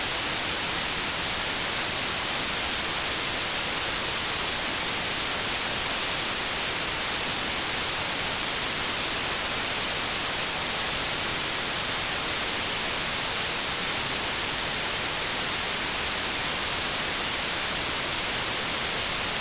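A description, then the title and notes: White noise hisses steadily throughout, a dense, bright, unchanging wash that is strongest in the high range, with no breaks or events. Extended White Noise.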